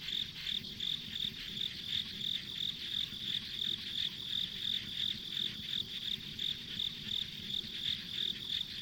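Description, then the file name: Steady insect calls, high chirps repeating rapidly, backed by a ceaseless shrill drone and low rumbling noise. Insects as ambient sound on a rural country road. "田舎道の虫の環境音"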